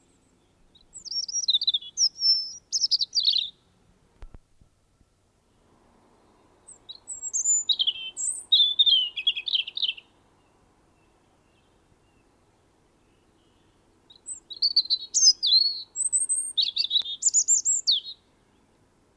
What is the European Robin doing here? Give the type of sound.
song